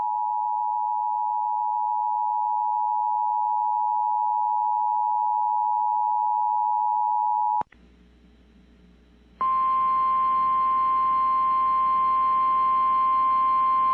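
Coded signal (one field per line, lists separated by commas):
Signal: Emergency Alert System (SAME) tones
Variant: 853 and 960 Hz attention tone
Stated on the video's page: AMBER alert (child abduction emergency) relayed by FM station KACV-FM Amarillo from weather radio transmitter WXK38.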